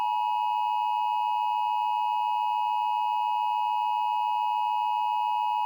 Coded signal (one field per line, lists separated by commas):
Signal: Emergency Alert System (SAME) tones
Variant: 853 and 960 Hz attention tone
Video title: EAS Mock: "How strong was this earthquake??" (Tsunami Warning)